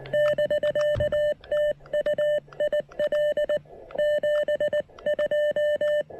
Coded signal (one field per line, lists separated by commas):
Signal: Morse code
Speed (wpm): 17 wpm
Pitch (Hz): 600 Hz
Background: none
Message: <BK> TU IL 72